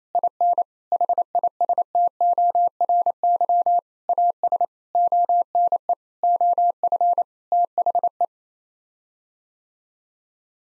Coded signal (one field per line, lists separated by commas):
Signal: Morse code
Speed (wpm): 28 wpm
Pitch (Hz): 700 Hz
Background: none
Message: IN HISTORY AS ONE OF THE